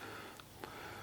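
A plastic dust shield is pressed onto the front of the base of a Milwaukee cordless barrel-grip jigsaw. It is tricky to get it to snap in place. Two short clicks come at 0.4 s and 0.6 s, and the shield is seated solidly.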